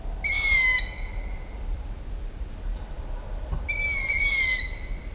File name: Asio otus